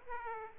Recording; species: mosquito wingbeat signal from an infrared sensor; Aedes aegypti